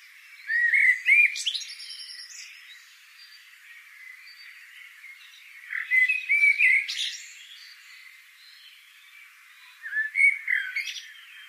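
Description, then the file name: Eurasian blackbird song: short mellow fluted phrases with squeaky high twittering ends, delivered in bursts roughly every four to five seconds with quiet pauses between. "Turdus merula"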